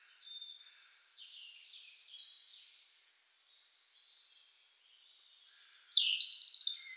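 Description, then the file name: European robin giving soft, rambling high warbles that grow into a louder, sharper twittering phrase near the end. "Erithacus rubecula"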